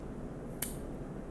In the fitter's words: clique o remédio tá pronto para sair por aqui